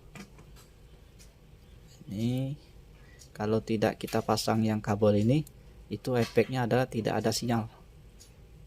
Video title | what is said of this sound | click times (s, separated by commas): cara servis vivo Y91 tidak bisa rekam suara / mic problem | kita pasang juga ini tinggal ditekan juga kita puaskan lobangnya sampai dia terpasang dengan sempurna biasanya ada bunyi seperti itu pada saat kita menekannya | 0.2 s